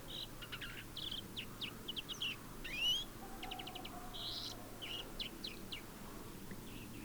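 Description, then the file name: European greenfinch twittering calls, short trilled bursts and buzzy notes around mid-high pitch, with a rising slurred whistle near the middle and steady low background hum. "Chloris chloris"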